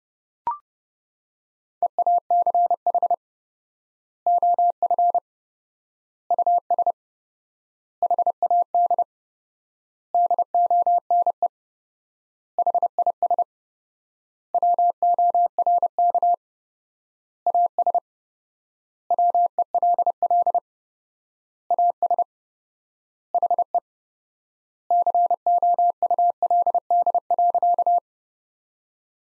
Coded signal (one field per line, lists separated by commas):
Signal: Morse code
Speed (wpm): 32 wpm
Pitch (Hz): 700 Hz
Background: none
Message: EACH OF US HAD DONE HIS WORK AS WELL AS HE COULD.